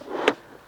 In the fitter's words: Once I hear that click sound and it's sort of stopped in my direction, I will squeeze this gray handle